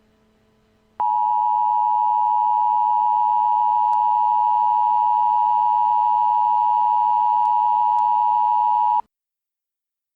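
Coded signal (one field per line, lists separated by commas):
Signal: Emergency Alert System (SAME) tones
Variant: 853 and 960 Hz attention tone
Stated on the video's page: Simulated EAS scenario tones for a fictional zombie event.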